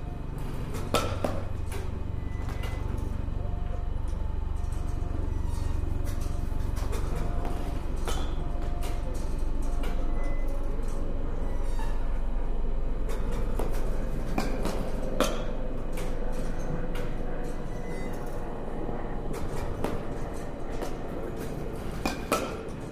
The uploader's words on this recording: バッティングセンターの音です. Sound of batting cage.